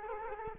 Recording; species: mosquito wingbeat signal from an infrared sensor; Culex quinquefasciatus